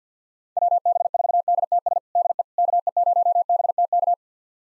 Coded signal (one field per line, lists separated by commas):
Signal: Morse code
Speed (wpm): 50 wpm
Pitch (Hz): 700 Hz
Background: none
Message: WB4DTS DE KE0BTK